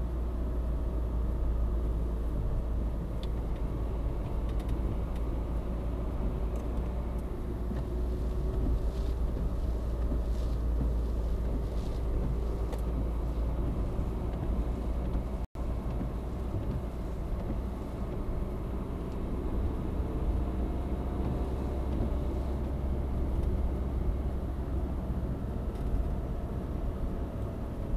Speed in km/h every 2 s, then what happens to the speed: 60, 58, 60, 63, 61, 59, 60, 63, 64, 65, 69, 70, 71, 66.
0-11 steady at about 60. 11-21 speeds up to 70.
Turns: none.